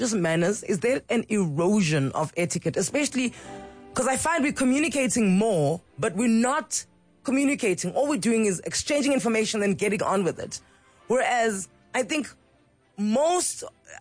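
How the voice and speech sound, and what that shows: Fluent, clear adult speech at a conversational pace with natural pauses, a radio host discussing etiquette; normal voice.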